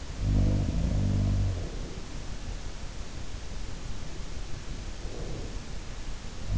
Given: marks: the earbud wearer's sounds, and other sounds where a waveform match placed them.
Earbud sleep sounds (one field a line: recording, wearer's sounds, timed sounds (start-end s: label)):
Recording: sounds in sleep by an in-ear microphone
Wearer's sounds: breath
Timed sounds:
0.00-2.42 s: sound from someone else or the room
1.44-2.42 s: breath
4.95-6.23 s: breath